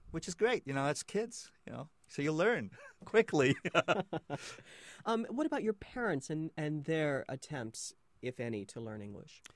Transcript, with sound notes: Which is great, you know, that's kids, you know. So you learn, quickly! (Both laugh)
What about your parents and, and their attempts, if any, to learn English?